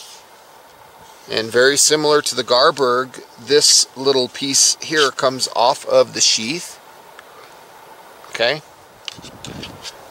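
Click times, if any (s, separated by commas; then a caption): 9.1 s. Someone talks, then handles a removable leather-and-plastic attachment piece and refits it onto the polymer sheath of a Condor Terrasaur knife. The piece snaps home with a sharp click at 9.1 s, followed by a few softer handling taps, and it is seated.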